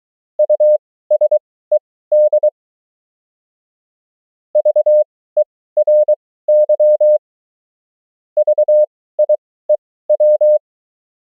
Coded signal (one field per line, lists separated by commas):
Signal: Morse code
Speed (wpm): 23 wpm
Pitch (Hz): 600 Hz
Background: none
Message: USED VERY VIEW